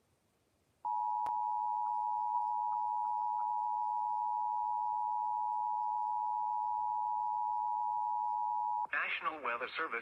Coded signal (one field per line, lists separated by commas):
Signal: Emergency Alert System (SAME) tones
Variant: 853 and 960 Hz attention tone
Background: speech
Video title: EAS Severe T’storm Warning #12 3/14/25 (Credit Goes To @SouthernPennsylvaniaWX & @KanawhaCountyWX)